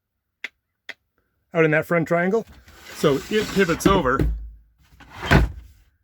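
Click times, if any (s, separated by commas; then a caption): 5.3 s. A large triangular wooden fold-out bed panel in the loft of a converted school bus is pivoted over into the front triangle while someone talks, after two faint short taps near the start. The panel locks into position with a single low thunk at 5.3 s, seated in place.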